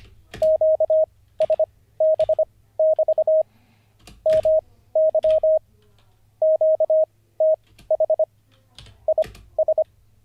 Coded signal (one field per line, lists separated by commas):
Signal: Morse code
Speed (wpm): 25 wpm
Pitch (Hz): 630 Hz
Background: none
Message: QSB<BT> MY QTH IS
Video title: N0SSC Learns Morse Code (Day 48) [Livestream]